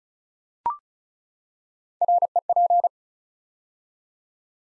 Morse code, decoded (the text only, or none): REP